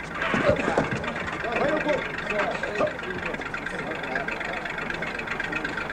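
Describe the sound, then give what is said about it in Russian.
A truck engine idles with a steady low rumble as the truck drops off soldiers and girls at a cinema, largely buried beneath several people talking and calling out over it. “Грузовик высаживает солдат и девушек у кинотеатра.”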